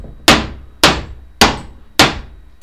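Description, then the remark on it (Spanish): A hammer strikes a plastic chair in a steady rhythm, bouncing back off the plastic with considerable force: about five loud, sharp hollow whacks roughly half a second apart, each ringing briefly before fading, with no voices. “No, es que es plástico y al pegarle con el martillo rebota para atrás con bastante fuerza.”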